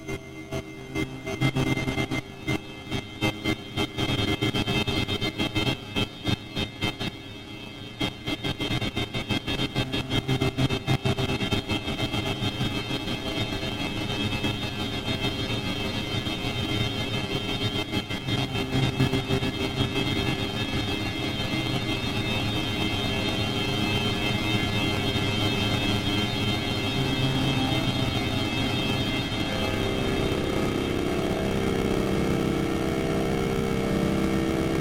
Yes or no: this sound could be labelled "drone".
yes